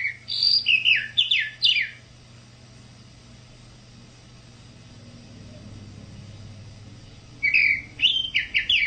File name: sabia da praia